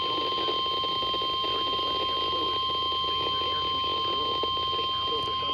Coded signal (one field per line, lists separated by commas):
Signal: Emergency Alert System (SAME) tones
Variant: 1050 Hz attention tone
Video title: CHS SVR on WXJ28 | EAS #127